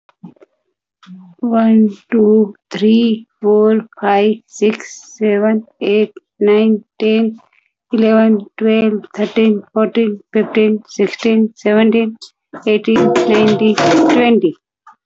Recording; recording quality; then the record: counting at a normal pace; excellent, no background noise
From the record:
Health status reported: recovered from COVID-19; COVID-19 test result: negative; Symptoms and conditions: breathing difficulty, hypertension, ischaemic heart disease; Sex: female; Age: 53 years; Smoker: not ticked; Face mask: worn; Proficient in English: yes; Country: India